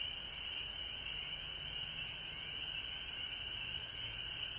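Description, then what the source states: Massed frogs producing a shrill high chorus that barely varies, with a faint lower tone underneath. Frogs recorded at home in Georgia on March 19, 2020.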